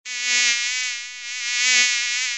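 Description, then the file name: Mosquito whine, a steady, buzzy hum rich in overtones that swells louder twice over about two seconds, then stops abruptly. "mosquito sound short"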